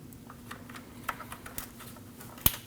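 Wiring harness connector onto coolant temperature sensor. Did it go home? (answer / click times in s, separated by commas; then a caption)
yes / 2.5 s. A wiring harness electrical connector is pushed back onto the plastic engine coolant temperature sensor of a 2012-2016 Honda CR-V 2.4L L4 during a radiator replacement. Soft handling taps and small clicks lead up to one sharp, loud click at 2.5 s as the connector seats.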